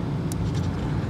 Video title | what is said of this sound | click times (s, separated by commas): How to Repair Your Wiring Harness - Engine Harness Repair SC300 SC400 1UZ 2JZ | here a little click you can feel a little click I'm there you go | 0.3 s